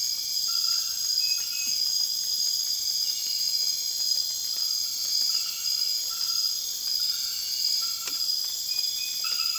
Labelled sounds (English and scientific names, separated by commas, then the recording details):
none
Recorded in secondary vegetation near Puerto Asís, Putumayo, Colombia, on 19 June 2025 at 21:00
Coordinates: 0.485, -76.322
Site GP06